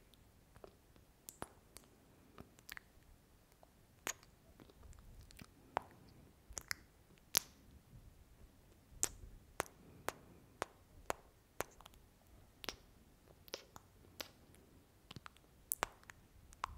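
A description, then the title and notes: Sharp mouth clicks and kiss-like smacks pop irregularly, about one per second, with faint low rustling beneath. Mouth Sounds Kiss Sounds Scratching.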